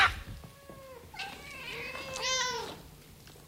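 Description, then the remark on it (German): Four cats meow and caterwaul in overlapping, drawn-out wails that bend up and down in pitch, a louder yowl swelling near the end before fading out, with no talking. “Vier Katzen kamen angeschlichen und setzten sich im Kreis um die Alte.”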